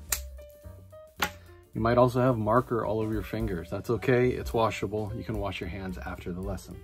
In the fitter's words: before moving on to the next step you should hear it click close like this